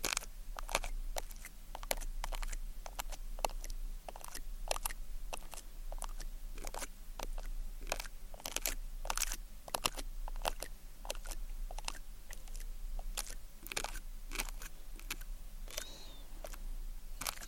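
Ear cleaning with tweezers: dense, irregular sticky clicks and crackles pile up quickly throughout, bright and sharp, over a steady low hum.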